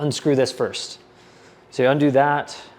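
A section of an LED studio light stand is being handled after a screw on it is undone, ahead of locking the section into its mount. Someone talks over a quiet pause. Nothing has seated or clicked yet.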